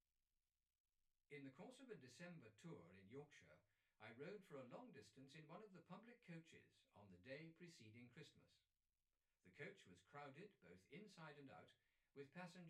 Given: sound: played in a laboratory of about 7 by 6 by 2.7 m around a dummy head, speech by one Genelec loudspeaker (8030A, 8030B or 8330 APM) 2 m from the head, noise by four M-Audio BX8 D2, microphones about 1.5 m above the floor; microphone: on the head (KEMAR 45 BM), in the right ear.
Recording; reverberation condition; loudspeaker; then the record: male speech in English; low; 150 degrees to the left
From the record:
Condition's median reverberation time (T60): about 310 ms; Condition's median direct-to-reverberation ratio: about 3.5 dB